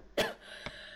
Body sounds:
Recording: coughing mixed with background sound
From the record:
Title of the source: Coughing Woman Sound - Woman Cough Sound Effect

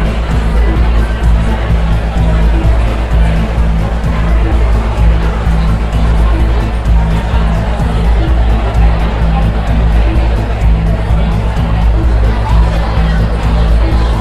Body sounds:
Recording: background sound without coughing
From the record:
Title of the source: Party Noise 1 Hour Party Ambience

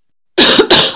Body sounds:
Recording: coughing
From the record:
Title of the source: November cold (wet coughing)

